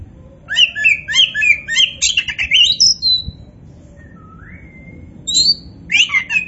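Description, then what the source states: Oriental magpie-robin singing rapid bursts of varied, sweet whistled and chattering notes, then a long rising whistle and a fresh burst. Kacer Poci variety, described as gacor, singing actively and vigorously.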